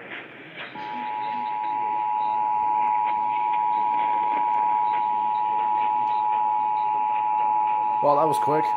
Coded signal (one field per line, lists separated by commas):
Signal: Emergency Alert System (SAME) tones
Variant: 853 and 960 Hz attention tone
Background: speech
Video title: THE EASS?? WJR: Yes. EAS Alerts from 10/1/19 - 10/30/19 (EAS #3,366 - 3,388)